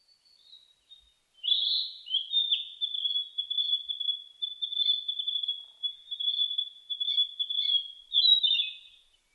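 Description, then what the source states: Narcissus flycatcher singing a long, high, thin warbling phrase of rapid twittering notes held near one pitch, starting after a short quiet lead-in. Recorded 15 May 2004.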